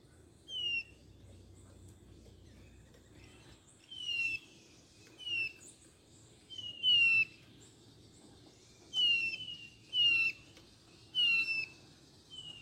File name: canto do gaturamo bandeira